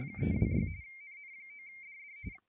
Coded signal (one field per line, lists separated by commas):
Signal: RTTY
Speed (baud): 45.45 baud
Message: 326 NN9DD